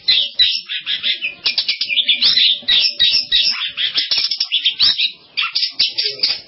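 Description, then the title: Long-tailed shrike song, a dense, continuous medley of scratchy chirps, trills and high squeaks with hardly any break. "Kicau Burung Pentet"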